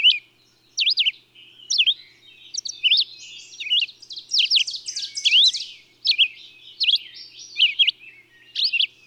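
High bird song: looping whistled notes delivered quickly, with a stretch of buzzy, scratchy trills in the middle.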